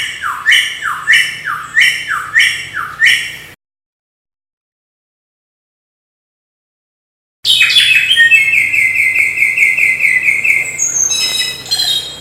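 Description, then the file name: Samyong song of quick descending chirps in a fast series, a silent gap, then a long, steady, high whistled note over busy chatter. Used as tutor audio for training magpie-robins. "audio burung samyong untuk masteran murai batu omkicau"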